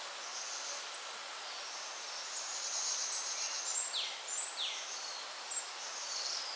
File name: alishan 2 005 birds in the forest